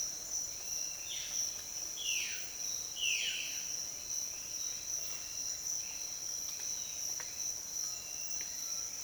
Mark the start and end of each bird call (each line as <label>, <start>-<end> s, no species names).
bird call, 0.86-3.65 s